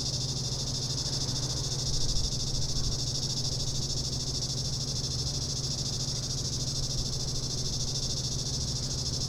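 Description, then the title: Cicadas give a moderate, steady high buzzing drone, briefly louder around two seconds, with a constant low hum below. Cicadas heard in summer. "neoscenes: summer cicadas"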